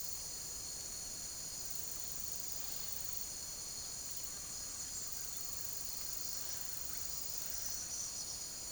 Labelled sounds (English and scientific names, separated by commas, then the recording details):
none
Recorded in secondary vegetation near Puerto Asís, Putumayo, Colombia, on 13 March 2025 at 08:30
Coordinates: 0.489, -76.322
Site G042